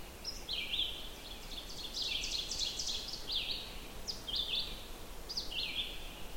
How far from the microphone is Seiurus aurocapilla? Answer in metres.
about 45 m